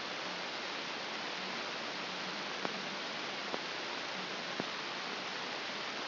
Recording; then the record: brain microelectrode recording played as sound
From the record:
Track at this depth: inside the subthalamic nucleus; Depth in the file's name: 4.717 mm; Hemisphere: left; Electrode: 2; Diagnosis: Parkinson's disease